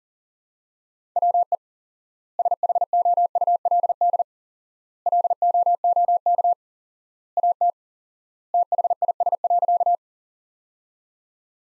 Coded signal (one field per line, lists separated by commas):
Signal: Morse code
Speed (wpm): 40 wpm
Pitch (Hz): 700 Hz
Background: none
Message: WE SHOULD LOOK AT THIS.